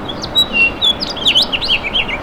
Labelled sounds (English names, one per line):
House Finch song